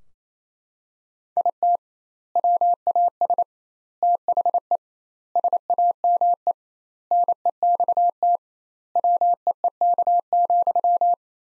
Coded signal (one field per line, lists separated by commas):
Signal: Morse code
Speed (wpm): 27 wpm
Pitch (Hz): 700 Hz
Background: none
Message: IT WAS THE SAME NEXT WEEK,